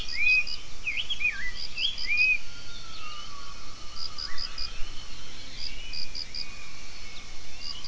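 Gibbon calls: several swooping whistled notes rise and fall early on, then fainter sliding notes follow over steady pulsed high ticking and a constant background hiss.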